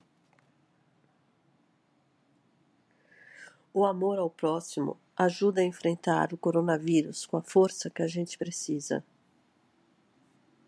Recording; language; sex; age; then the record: spoken sentence; Brazilian Portuguese; female; 50 to 59 years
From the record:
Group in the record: control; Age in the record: 52 years